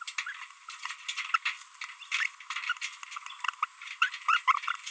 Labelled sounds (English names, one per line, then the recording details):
Green-rumped Parrotlet babbling
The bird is a female
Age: 27 days
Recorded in a nest box in Venezuela
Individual 17B42B3